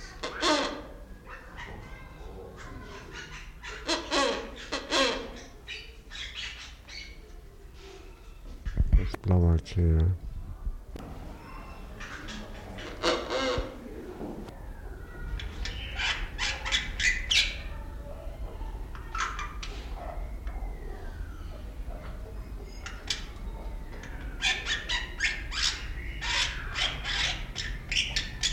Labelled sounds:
Bali Myna

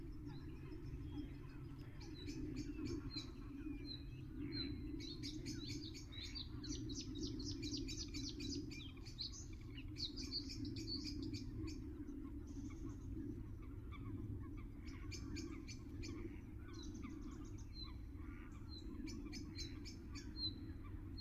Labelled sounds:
Bluethroat song

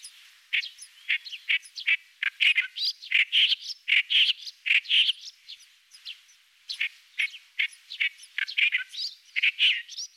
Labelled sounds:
Clamorous Reed Warbler song

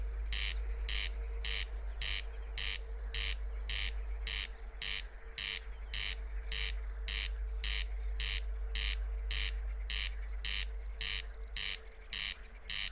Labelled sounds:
Corn Crake song

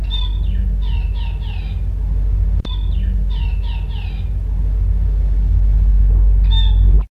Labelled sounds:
Scaly-breasted Munia call

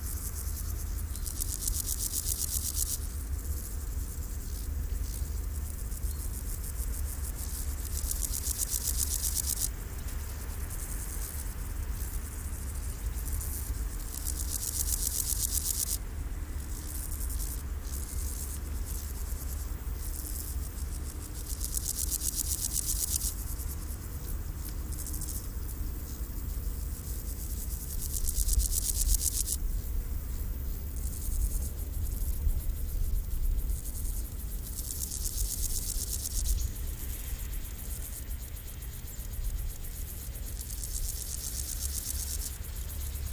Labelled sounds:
Meadow Grasshopper stridulation

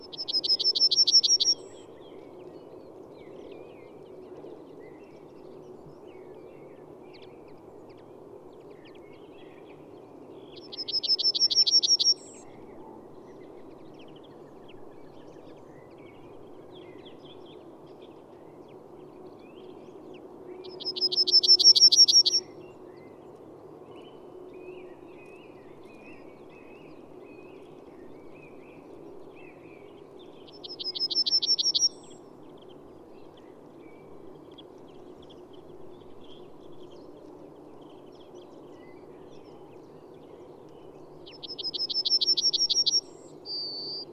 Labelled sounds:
Yellowhammer song

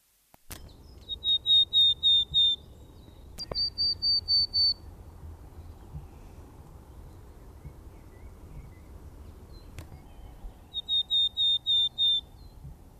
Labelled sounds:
Willow Tit song

